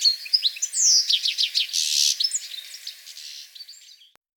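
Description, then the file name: European goldfinch twittering song: quick, high, liquid chirps and trills with a short buzzy, nasal burst in the middle, fading away after about four seconds. "Carduelis carduelis"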